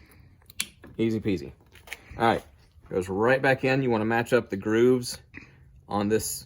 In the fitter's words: old one just slap snaps out and that one snaps in see